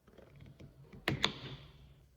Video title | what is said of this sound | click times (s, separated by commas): Here's what you get for $6 from the supermarket | So pop top lid, I'm going to take the lid off. You'll hear the pop as the pressure's released. | 1.1 s